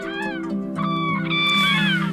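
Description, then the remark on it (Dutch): Common cranes calling, with several loud, trumpeting notes overlapping and rising and falling in pitch over a steady low droning background. No one speaks. “Ja, heerlijk hè, het geluid van die kraan.”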